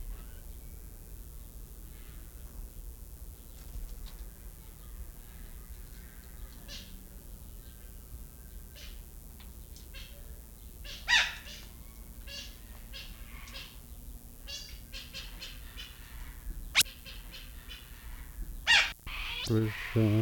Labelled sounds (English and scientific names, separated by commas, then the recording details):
Tanimbar Corella (Cacatua goffiniana) call
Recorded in captivity
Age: adult
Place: Zoo Berlin, Berlin, DE
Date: 1994-08-06 11:21
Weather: wolkig bis heiter, 20-27°C
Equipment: Marantz CP 430, Sennheiser ME 80, Kopie Uher Variocord 263
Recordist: Tembrock, Günter